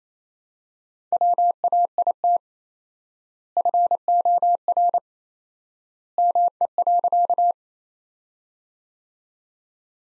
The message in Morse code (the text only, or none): WAIT FOR ME.